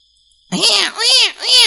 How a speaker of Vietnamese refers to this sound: Xa xa lại truyền đến tiếng khóc của trẻ sơ sinh khiến cho Lục Dương cũng phải rùng mình. Đây là rừng rậm, xung quanh đều là yêu thú hung ác, làm sao lại có tiểu hài nhi đây?